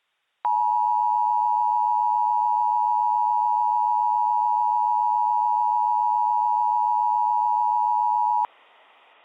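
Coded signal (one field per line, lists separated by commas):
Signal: Emergency Alert System (SAME) tones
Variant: 853 and 960 Hz attention tone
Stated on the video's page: Fictional EAS scenario in analog horror style, not a real alert.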